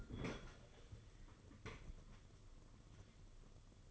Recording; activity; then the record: daily activity, microphone in the room; open fridge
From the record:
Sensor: 4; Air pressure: 995.3 hPa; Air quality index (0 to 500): 210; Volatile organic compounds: 217 ppm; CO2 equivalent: 4268 ppm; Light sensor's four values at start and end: 34/106/40/44 and 32/102/38/43